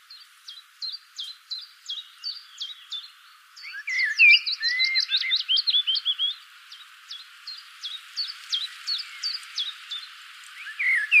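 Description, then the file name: Common blackbird calls: evenly spaced high chirps about three per second, with a busier, louder cluster of squeaky notes in the middle. "Turdus merula"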